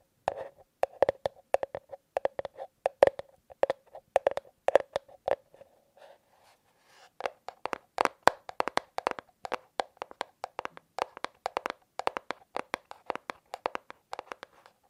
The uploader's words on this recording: ASMR Fast & Slow Tapping on 6 Objects No Talking.